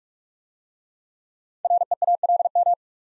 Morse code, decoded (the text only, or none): REALM